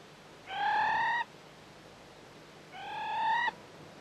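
Morepork with two slightly rising hooted notes, each under a second, about two seconds apart.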